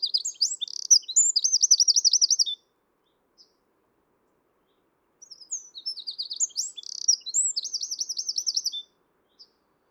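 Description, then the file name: Eurasian wren singing two vigorous, high-pitched bursts, each a jumble of quick notes leading into a rattling trill, separated by a few seconds of quiet. "Troglodytes troglodytes"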